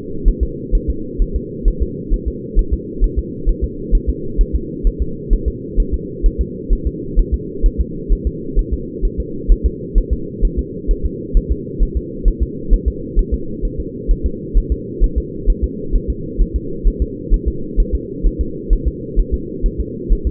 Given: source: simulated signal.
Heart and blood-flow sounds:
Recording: fetal heart sounds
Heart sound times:
0.28 s: S1
0.43 s: S2
0.75 s: S1
0.90 s: S2
1.22 s: S1
1.36 s: S2
1.68 s: S1
1.83 s: S2
2.14 s: S1
2.28 s: S2
2.59 s: S1
2.73 s: S2
3.04 s: S1
3.19 s: S2
3.49 s: S1
3.64 s: S2
3.95 s: S1
4.09 s: S2
4.41 s: S1
4.55 s: S2
4.87 s: S1
5.02 s: S2
5.33 s: S1
5.48 s: S2
5.80 s: S1
5.94 s: S2
6.26 s: S1
6.41 s: S2
6.73 s: S1
6.87 s: S2
7.19 s: S1
7.34 s: S2
7.66 s: S1
7.81 s: S2
8.12 s: S1
8.27 s: S2
8.59 s: S1
8.73 s: S2
9.05 s: S1
9.20 s: S2
9.52 s: S1
9.66 s: S2
9.98 s: S1
10.13 s: S2
10.45 s: S1
10.59 s: S2
10.91 s: S1
11.05 s: S2
11.37 s: S1
11.52 s: S2
11.83 s: S1
11.97 s: S2
12.28 s: S1
12.43 s: S2
12.73 s: S1
12.88 s: S2
13.19 s: S1
13.34 s: S2
13.65 s: S1
13.80 s: S2
14.11 s: S1
14.26 s: S2
14.58 s: S1
14.72 s: S2
15.04 s: S1
15.18 s: S2
15.50 s: S1
15.64 s: S2
15.95 s: S1
16.10 s: S2
16.41 s: S1
16.56 s: S2
16.88 s: S1
17.02 s: S2
17.34 s: S1
17.48 s: S2
17.80 s: S1
17.95 s: S2
18.27 s: S1
18.41 s: S2
18.73 s: S1
18.88 s: S2
19.19 s: S1
19.34 s: S2
19.66 s: S1
19.80 s: S2
20.12 s: S1
20.27 s: S2
From the record:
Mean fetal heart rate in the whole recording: 130 bpm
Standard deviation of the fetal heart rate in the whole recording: 2 bpm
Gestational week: 38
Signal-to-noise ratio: -4.3 dB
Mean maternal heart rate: 72 bpm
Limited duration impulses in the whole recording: absent

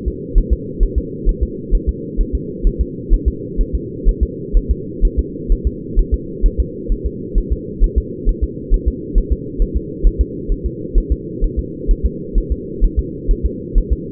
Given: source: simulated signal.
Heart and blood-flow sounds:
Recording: fetal heart sounds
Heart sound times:
0.08 s: S2
0.38 s: S1
0.53 s: S2
0.83 s: S1
0.98 s: S2
1.29 s: S1
1.43 s: S2
1.75 s: S1
1.89 s: S2
2.21 s: S1
2.35 s: S2
2.67 s: S1
2.81 s: S2
3.13 s: S1
3.28 s: S2
3.61 s: S1
3.75 s: S2
4.09 s: S1
4.23 s: S2
4.57 s: S1
4.71 s: S2
5.05 s: S1
5.19 s: S2
5.52 s: S1
5.67 s: S2
5.99 s: S1
6.14 s: S2
6.46 s: S1
6.60 s: S2
6.92 s: S1
7.06 s: S2
7.38 s: S1
7.52 s: S2
7.84 s: S1
7.98 s: S2
8.29 s: S1
8.44 s: S2
8.74 s: S1
8.88 s: S2
9.18 s: S1
9.32 s: S2
9.62 s: S1
9.77 s: S2
10.07 s: S1
10.21 s: S2
10.52 s: S1
10.66 s: S2
10.98 s: S1
11.12 s: S2
11.44 s: S1
11.59 s: S2
11.91 s: S1
12.06 s: S2
12.38 s: S1
12.52 s: S2
12.84 s: S1
12.99 s: S2
13.31 s: S1
13.45 s: S2
13.78 s: S1
13.93 s: S2
From the record:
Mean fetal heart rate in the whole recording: 130 bpm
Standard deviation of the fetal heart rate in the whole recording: 2 bpm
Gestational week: 38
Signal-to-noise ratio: -4.1 dB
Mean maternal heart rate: no maternal heart sound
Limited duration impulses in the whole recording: absent

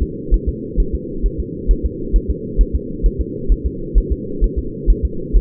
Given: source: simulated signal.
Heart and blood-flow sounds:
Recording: fetal heart sounds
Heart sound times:
0.02 s: S2
0.34 s: S1
0.49 s: S2
0.80 s: S1
0.95 s: S2
1.26 s: S1
1.40 s: S2
1.71 s: S1
1.86 s: S2
2.16 s: S1
2.30 s: S2
2.61 s: S1
2.75 s: S2
3.06 s: S1
3.21 s: S2
3.52 s: S1
3.66 s: S2
3.98 s: S1
4.12 s: S2
4.44 s: S1
4.59 s: S2
4.90 s: S1
5.05 s: S2
5.36 s: S1
From the record:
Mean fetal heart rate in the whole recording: 130 bpm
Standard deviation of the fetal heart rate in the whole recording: 2 bpm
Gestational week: 36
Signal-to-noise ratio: -4.3 dB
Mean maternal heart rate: 72 bpm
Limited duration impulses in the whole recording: absent

